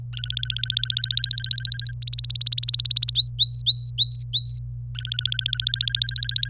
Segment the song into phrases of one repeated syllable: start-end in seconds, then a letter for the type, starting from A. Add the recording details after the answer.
0.13-1.92 A, 2.02-3.12 B, 3.15-4.58 C, 4.95-6.49 A. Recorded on 25 April 2018 at 14:38. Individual llb3